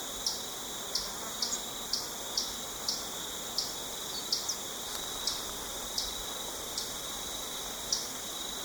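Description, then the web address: Common tody-flycatcher calling with crisp, high tick notes, some paired, spaced roughly half a second to a second apart, against a constant insect drone. Recorded in Ecuador. "S America Birds of Ecuador. Common Tody-Flycatcher"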